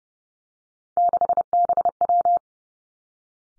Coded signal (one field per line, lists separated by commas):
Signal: Morse code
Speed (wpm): 30 wpm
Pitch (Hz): 700 Hz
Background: none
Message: 6BW